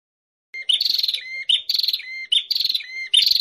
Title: Suara Prenjak Ribut Ampuh Buat Pikat Burung Prenjak Kepala Merah Prenjak Tamu